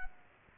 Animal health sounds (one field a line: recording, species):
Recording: mosquito wingbeat signal from an infrared sensor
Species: Culex quinquefasciatus